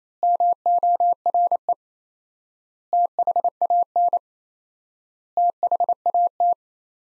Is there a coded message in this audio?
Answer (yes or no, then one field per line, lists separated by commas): yes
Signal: Morse code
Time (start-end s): 0.2-6.5 s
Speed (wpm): 27 wpm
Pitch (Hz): 700 Hz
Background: none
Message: MORE THAN THAT